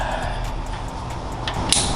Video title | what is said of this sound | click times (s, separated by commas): 1971 GMC LS EFI INSTALLATION- Part 1 - FiTech Tech Video | it snaps together you should hear a click | 1.7 s